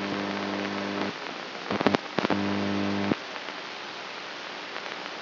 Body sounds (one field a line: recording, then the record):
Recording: brain microelectrode recording played as sound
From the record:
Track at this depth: inside the subthalamic nucleus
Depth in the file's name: 3.121 mm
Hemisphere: right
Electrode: 3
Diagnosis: Parkinson's disease